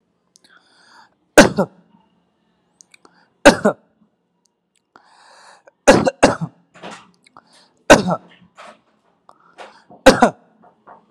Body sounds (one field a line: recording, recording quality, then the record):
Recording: shallow voluntary cough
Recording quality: excellent, no background noise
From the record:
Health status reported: healthy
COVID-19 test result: not tested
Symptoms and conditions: none ticked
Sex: male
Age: 38 years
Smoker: not ticked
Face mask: not worn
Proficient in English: yes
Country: India